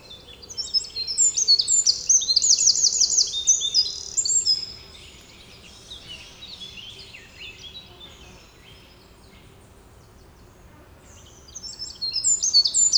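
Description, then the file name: Eurasian wren song: a long, loud, high-pitched outpouring of rapid trills and sharp notes for nearly five seconds, silence, then another burst starting near the end. "Troglodytes troglodytes"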